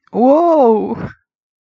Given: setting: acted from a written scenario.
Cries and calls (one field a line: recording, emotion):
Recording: vocal sound without words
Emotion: positive surprise